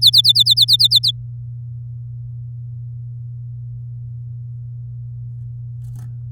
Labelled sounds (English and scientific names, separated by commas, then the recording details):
Domestic Canary (Serinus canaria) song
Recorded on 9 May 2018 at 12:06
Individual llb16